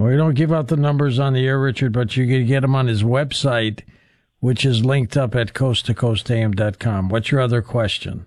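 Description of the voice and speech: One adult man speaking clearly and fluently in a steady low voice, with a brief pause; ordinary speech.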